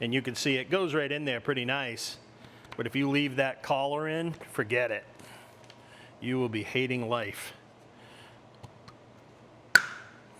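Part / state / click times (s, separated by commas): polyurethane suspension bushing into its mount / seated / 9.8 s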